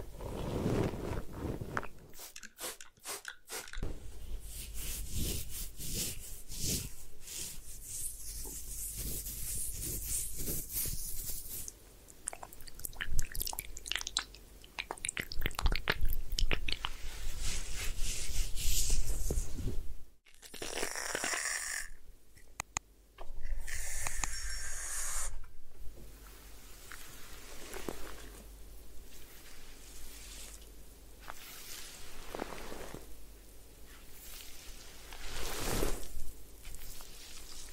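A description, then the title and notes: A head spa session with hair washing and massage: dense, wet scrubbing and rubbing sounds fill the clip, rising and falling in irregular bursts. Brief sharp rustles break in around 3 and 20 seconds, followed by bright hissing like water spray. Head Spa Hair Wash, Massage, Ear Cleaning.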